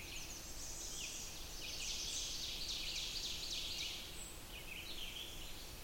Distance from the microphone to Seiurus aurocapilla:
about 70 m